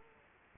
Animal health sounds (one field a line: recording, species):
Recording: mosquito wingbeat signal from an infrared sensor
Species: Culex pipiens